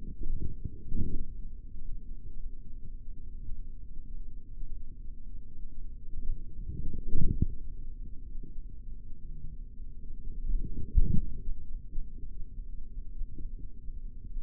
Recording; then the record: forearm muscle sounds (acoustic myography)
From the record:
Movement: forearm supination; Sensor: system 3, bracelet of six PUI Audio POM-2738L microphones around the upper forearm, with dedicated amplification and filtering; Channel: 6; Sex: male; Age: 56 years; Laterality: right